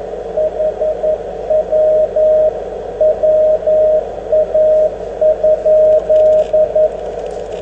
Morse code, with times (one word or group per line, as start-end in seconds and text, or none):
0.4-2.5 HW
3.0-6.9 WA?